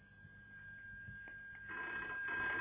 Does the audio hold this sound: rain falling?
no